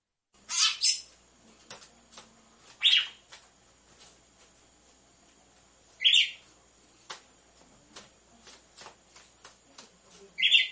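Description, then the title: Red-cowled cardinal calls, sharp buzzy notes spaced a few seconds apart, with scattered clicks and a faint steady high hiss. Female song, played to warm up males; a beat combined with two males. "Canto Galo Campina Fêmea. ESQUENTE GALO DE CAMPINA COM BATIDA DE DOIS MACHOS"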